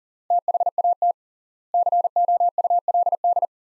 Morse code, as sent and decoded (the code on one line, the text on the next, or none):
- .... .- - / -.-. --- ..- .-.. -..
THAT COULD